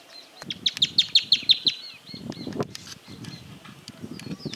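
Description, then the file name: Chaco earthcreeper song: one fast series of about seven clipped, ringing notes, followed by rustling, low rumbling noise and scattered faint bird chips. "bandurrita-chaqueña voz"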